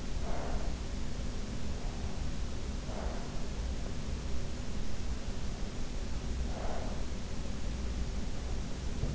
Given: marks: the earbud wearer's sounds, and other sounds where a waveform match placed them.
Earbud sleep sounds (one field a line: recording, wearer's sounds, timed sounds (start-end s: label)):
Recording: sounds in sleep by an in-ear microphone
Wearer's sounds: breath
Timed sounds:
0.00-1.00 s: breath
2.76-4.03 s: breath
6.19-7.32 s: breath